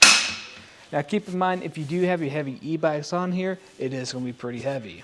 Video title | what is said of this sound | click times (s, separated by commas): etrailer - Set up: RockyMounts MonoRail Bike Rack for 2 Bikes on a 2023 Cadillac XT5 | all we have to do is lift up on it until it clicks into place | 0.0 s